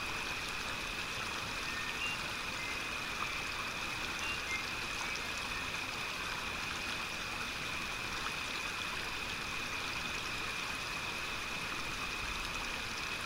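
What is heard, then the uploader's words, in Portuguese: Sound from the bottom of the waters: a steady, dense rushing hiss that fills the whole clip without letting up. A faint constant whine sits above it, with low rumbling churn underneath and no distinct events standing out. Afundamos no rio por um instante, ouvindo o som do fundo das águas.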